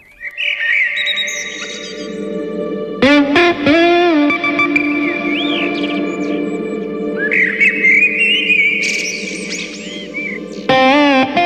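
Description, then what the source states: Common Blackbird song: fluted, whistled phrases woven over sustained electric guitar chords and slides, with sharp guitar bursts cutting in twice. Singing blackbird in a music track, with guitar competing against its song.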